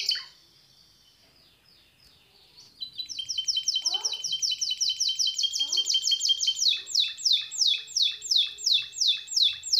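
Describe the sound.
Bird giving a long rhythmic series of bright downslurred chirps, repeated several times a second and growing louder, with a few lower notes beneath.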